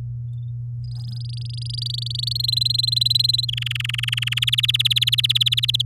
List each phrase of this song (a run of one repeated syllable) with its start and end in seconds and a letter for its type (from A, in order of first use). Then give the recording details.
0.84-2.33 A, 2.35-3.45 B, 3.48-4.45 C, 4.47-5.82 D. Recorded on 9 May 2018 at 13:41. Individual llb16